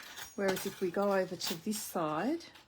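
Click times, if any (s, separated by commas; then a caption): none. Someone talks while a raised-blade cutting piece is handled and moved over to the correct side of a paper-craft cutting base, the side where it clicks in and sits firmly rather than wobbling loose as it does on the wrong side. Only speech and faint handling sounds are heard, and nothing has seated or clicked yet.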